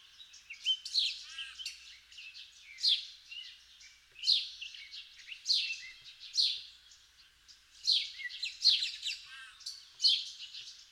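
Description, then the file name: House sparrow giving irregular bursts of scratchy chirps, some doubled or tripled, with a few soft lower curling notes between them. "Passer domesticus"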